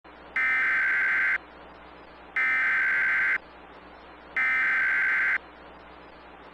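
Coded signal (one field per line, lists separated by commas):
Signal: Emergency Alert System (SAME) tones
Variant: header bursts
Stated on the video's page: Severe thunderstorm watch EAS alert for portions of Pennsylvania, New Jersey, Delaware and Maryland.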